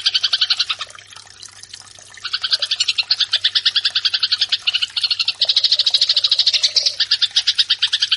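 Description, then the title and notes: Eurasian tree sparrow giving fast, insistent chirps in dense runs, with a brief quieter stretch after the first second before the chatter resumes, and a steady low hum beneath. Fighting-style (tarung) sparrow song, used as a master training track. "GEREJA TARUNG. burung gereja"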